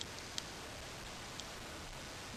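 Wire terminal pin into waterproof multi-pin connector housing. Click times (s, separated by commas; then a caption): 0.4 s. A crimped wire terminal pin from the handlebar wiring harness of a 2006 Harley Dyna Wide Glide, being fitted with drag bars, is pushed into a plastic waterproof multi-pin connector housing. It snaps in with a sharp, bright click at 0.4 s, with fainter ticks at 0.0 s and 1.4 s over a steady hiss. The pin is seated in the housing.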